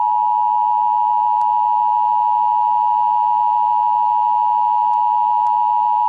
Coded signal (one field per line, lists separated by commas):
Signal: Emergency Alert System (SAME) tones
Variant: 853 and 960 Hz attention tone